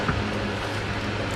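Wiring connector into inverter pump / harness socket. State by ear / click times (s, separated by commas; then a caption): not seated / none. A plastic wiring connector is being pushed onto its inverter pump harness socket during an inverter coolant pump replacement on a 2010 Toyota Prius with code P314A. Only a steady broadband hiss with a low hum is heard, with no sharp transients. The connector has not seated or clicked yet.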